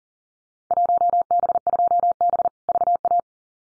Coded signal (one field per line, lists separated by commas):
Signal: Morse code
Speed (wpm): 38 wpm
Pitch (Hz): 700 Hz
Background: none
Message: 1B2B VA